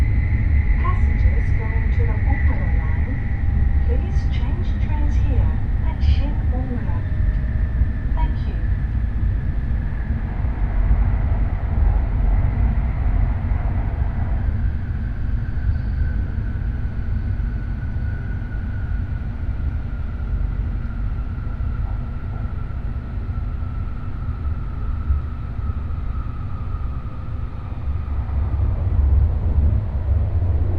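A Nishi-Kyushu Shinkansen Kamome train runs between Takeo-Onsen and Nagasaki, with a steady deep rumble throughout. Thin whining tones glide slowly across the run, and faint clicks and brief speech-like sounds appear in the first ten seconds.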